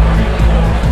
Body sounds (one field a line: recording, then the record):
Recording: background sound without coughing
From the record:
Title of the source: Party Noise 1 Hour Party Ambience